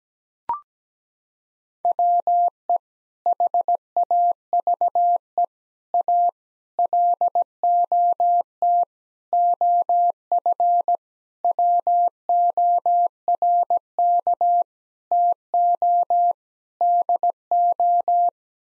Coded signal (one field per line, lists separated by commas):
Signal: Morse code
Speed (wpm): 17 wpm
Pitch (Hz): 700 Hz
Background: none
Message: WE HAVE A LOT OF WORK TO DO